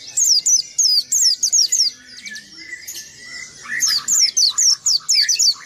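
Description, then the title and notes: White-eye song: fast series of very high, bright chirps in two loud bursts separated by a quieter stretch of lower warbled notes. "Burung Peci. pleci"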